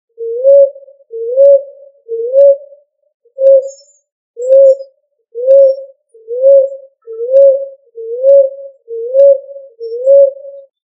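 Pigeon cooing: eleven short, slightly rising coos, repeated about once a second in a steady series, with nothing else audible.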